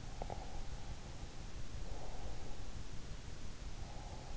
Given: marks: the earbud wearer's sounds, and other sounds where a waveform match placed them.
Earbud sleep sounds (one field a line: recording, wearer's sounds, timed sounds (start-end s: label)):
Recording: sounds in sleep by an in-ear microphone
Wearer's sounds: teeth grinding, breath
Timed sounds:
0.05-0.65 s: teeth grinding
1.57-2.49 s: breath
3.69-4.37 s: breath